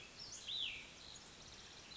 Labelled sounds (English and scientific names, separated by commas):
Cassin's Vireo (Vireo cassinii)